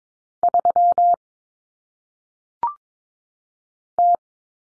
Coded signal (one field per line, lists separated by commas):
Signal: Morse code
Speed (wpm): 22 wpm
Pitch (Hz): 700 Hz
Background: none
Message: 3 T